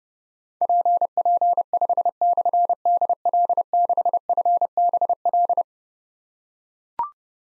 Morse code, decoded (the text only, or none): PP5/DL6FBL